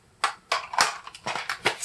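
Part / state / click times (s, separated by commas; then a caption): stick vacuum into wall holder / seated / 0.2 s, 0.5 s. A Dreame T30 cordless stick vacuum is clipped into its plastic wall holder, with sharp snaps at 0.2 s and 0.5 s followed by several more short clattering knocks. The vacuum seats in the wall mount.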